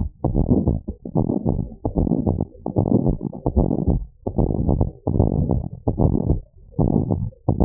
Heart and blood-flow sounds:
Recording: heart sounds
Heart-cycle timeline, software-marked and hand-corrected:
not marked
From the record:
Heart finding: normal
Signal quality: poor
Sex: female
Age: 58 years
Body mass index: 17.2

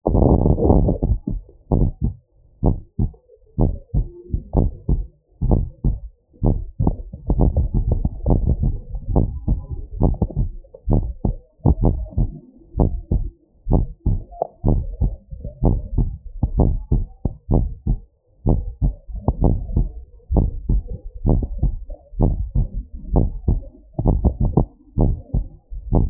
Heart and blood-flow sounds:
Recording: heart sounds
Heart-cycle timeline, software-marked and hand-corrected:
0.00	1.72	noise
1.72	1.88	S1
1.88	2.04	systole
2.04	2.14	S2
2.14	2.64	diastole
2.64	2.76	S1
2.76	3.00	systole
3.00	3.10	S2
3.10	3.60	diastole
3.60	3.72	S1
3.72	3.94	systole
3.94	4.06	S2
4.06	4.58	diastole
4.58	4.70	S1
4.70	4.90	systole
4.90	5.02	S2
5.02	5.48	diastole
5.48	5.62	S1
5.62	5.86	systole
5.86	5.98	S2
5.98	6.48	diastole
6.48	6.62	S1
6.62	6.86	systole
6.86	6.96	S2
6.96	7.40	diastole
7.40	7.54	S1
7.54	7.76	systole
7.76	7.86	S2
7.86	8.26	diastole
8.26	8.42	S1
8.42	8.62	systole
8.62	8.74	S2
8.74	9.14	diastole
9.14	9.28	S1
9.28	9.50	systole
9.50	9.60	S2
9.60	10.02	diastole
10.02	10.16	S1
10.16	10.38	systole
10.38	10.48	S2
10.48	10.92	diastole
10.92	11.04	S1
11.04	11.26	systole
11.26	11.36	S2
11.36	11.82	diastole
11.82	11.96	S1
11.96	12.18	systole
12.18	12.28	S2
12.28	12.78	diastole
12.78	12.90	S1
12.90	13.12	systole
13.12	13.24	S2
13.24	13.72	diastole
13.72	13.86	S1
13.86	14.08	systole
14.08	14.20	S2
14.20	14.70	diastole
14.70	14.84	S1
14.84	15.02	systole
15.02	15.14	S2
15.14	15.64	diastole
15.64	15.78	S1
15.78	15.98	systole
15.98	16.10	S2
16.10	16.56	diastole
16.56	16.70	S1
16.70	16.92	systole
16.92	17.04	S2
17.04	17.52	diastole
17.52	17.66	S1
17.66	17.88	systole
17.88	17.98	S2
17.98	18.46	diastole
18.46	18.60	S1
18.60	18.82	systole
18.82	18.94	S2
18.94	19.42	diastole
19.42	19.58	S1
19.58	19.76	systole
19.76	19.88	S2
19.88	20.32	diastole
20.32	20.48	S1
20.48	20.70	systole
20.70	20.82	S2
20.82	21.26	diastole
21.26	21.40	S1
21.40	21.62	systole
21.62	21.74	S2
21.74	22.20	diastole
22.20	22.34	S1
22.34	22.56	systole
22.56	22.68	S2
22.68	23.14	diastole
23.14	23.28	S1
23.28	23.48	systole
23.48	23.60	S2
23.60	24.08	diastole
24.08	24.22	S1
24.22	24.42	systole
24.42	24.54	S2
24.54	25.02	diastole
25.02	25.14	S1
25.14	25.34	systole
25.34	25.44	S2
25.44	25.92	diastole
25.92	26.06	S1
26.06	26.10	systole
From the record:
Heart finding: normal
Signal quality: good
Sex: male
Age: 60 years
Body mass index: 26.8

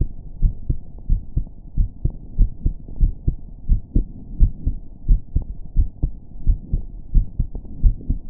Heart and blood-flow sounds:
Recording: heart sounds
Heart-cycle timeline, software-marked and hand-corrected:
0.00	0.09	S2
0.09	0.41	diastole
0.41	0.53	S1
0.53	0.67	systole
0.67	0.77	S2
0.77	1.09	diastole
1.09	1.21	S1
1.21	1.35	systole
1.35	1.45	S2
1.45	1.77	diastole
1.77	1.89	S1
1.89	2.03	systole
2.03	2.11	S2
2.11	2.39	diastole
2.39	2.51	S1
2.51	2.65	systole
2.65	2.73	S2
2.73	3.01	diastole
3.01	3.13	S1
3.13	3.27	systole
3.27	3.37	S2
3.37	3.69	diastole
3.69	3.81	S1
3.81	3.95	systole
3.95	4.07	S2
4.07	4.39	diastole
4.39	4.51	S1
4.51	4.65	systole
4.65	4.75	S2
4.75	5.07	diastole
5.07	5.21	S1
5.21	5.35	systole
5.35	5.45	S2
5.45	5.77	diastole
5.77	5.89	S1
5.89	6.03	systole
6.03	6.13	S2
6.13	6.47	diastole
6.47	6.59	S1
6.59	6.73	systole
6.73	6.83	S2
6.83	7.15	diastole
7.15	7.27	S1
7.27	7.39	systole
7.39	7.49	S2
7.49	7.83	diastole
7.83	7.95	S1
7.95	8.09	systole
8.09	8.19	S2
8.19	8.30	diastole
From the record:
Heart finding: normal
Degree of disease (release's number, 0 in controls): 0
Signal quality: good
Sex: male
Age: 24 years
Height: 1.74 m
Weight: 72 kg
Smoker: no

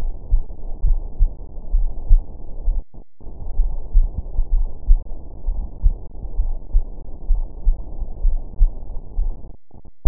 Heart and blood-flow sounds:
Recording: heart sounds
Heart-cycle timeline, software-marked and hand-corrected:
0.00	0.07	S1
0.07	0.31	systole
0.31	0.41	S2
0.41	0.85	diastole
0.85	0.99	S1
0.99	1.21	systole
1.21	1.31	S2
1.31	1.73	diastole
1.73	1.87	S1
1.87	2.09	systole
2.09	2.21	S2
2.21	2.65	diastole
2.65	2.77	S1
2.77	3.01	systole
3.01	3.09	S2
3.09	3.57	diastole
3.57	3.69	S1
3.69	3.95	systole
3.95	4.09	S2
4.09	4.53	diastole
4.53	4.67	S1
4.67	4.89	systole
4.89	5.01	S2
5.01	5.47	diastole
5.47	5.57	S1
5.57	5.83	systole
5.83	5.95	S2
5.95	6.39	diastole
6.39	6.53	S1
6.53	6.75	systole
6.75	6.85	S2
6.85	7.29	diastole
7.29	7.43	S1
7.43	7.67	systole
7.67	7.77	S2
7.77	8.23	diastole
8.23	8.37	S1
8.37	8.61	systole
8.61	8.73	S2
8.73	9.19	diastole
9.19	9.31	S1
9.31	9.55	systole
9.55	9.63	S2
9.63	10.08	diastole
From the record:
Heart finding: coronary artery disease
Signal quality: good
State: rest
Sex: female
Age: 72 years

